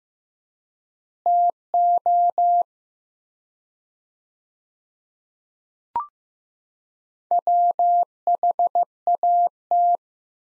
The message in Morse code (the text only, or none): TO WHAT